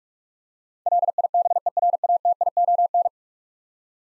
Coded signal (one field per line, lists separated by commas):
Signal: Morse code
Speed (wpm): 46 wpm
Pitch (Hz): 700 Hz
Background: none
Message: LIBERATION